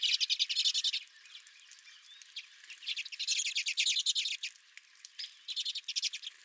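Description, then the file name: Redpoll chatter, fast dry twittering bursts with quieter stretches between them. Redpolls at the recordist's feeder. "Redpolls at My Feeder"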